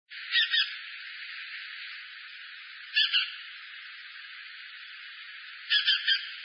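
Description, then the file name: Dusky thrush calls: three brief harsh bursts of two or three notes each, spaced a few seconds apart, over a steady hiss. "tsugumi"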